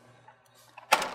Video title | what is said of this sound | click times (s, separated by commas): Potentiometric Titration | you click it into place | 0.9 s